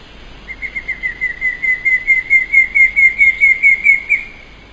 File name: pallid cuckoo